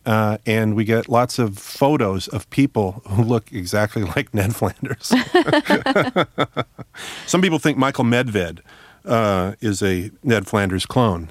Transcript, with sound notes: And we get lots of photos of people who look exactly like Ned Flanders. (LAUGHTER) Some people think Michael Medved is a Ned Flanders clone.